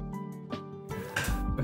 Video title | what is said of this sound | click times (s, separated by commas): Sony HDR-V1E Tutorial | pins facing down just insert and slide until we hear a little click to | 1.2 s